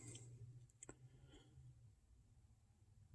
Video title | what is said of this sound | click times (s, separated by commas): CZ 75 D Compact complete reassembly! ( P-01 ) | and it locked into place | 0.8 s, 0.9 s